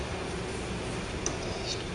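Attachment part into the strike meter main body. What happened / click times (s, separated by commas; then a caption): The part is being handled and has not yet seated, though one sharp tick could be mistaken for a click / none. An attachment part for a wall-mounted simple strike-force meter (Bomber-kun) is handled as it is about to be pushed into the main body, into which it fits only one way. Steady low background noise runs throughout, with one brief sharp handling tick at 1.3 s. The part has not gone home yet, so nothing has seated or clicked.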